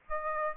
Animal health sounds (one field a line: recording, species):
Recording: mosquito wingbeat signal from an infrared sensor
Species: Aedes aegypti